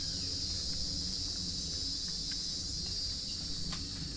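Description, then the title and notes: Cicadas in a dense, even buzzing chorus, a constant shrill whine with a few faint ticks and clicks beneath it. Several cicadas recorded in summer at Itanhangá, Rio de Janeiro, Brazil, using a Zoom H4n recorder. "Itanhangá, Rio de Janeiro - State of Rio de Janeiro, Brazil - cicadas. recording cicadas at the summer"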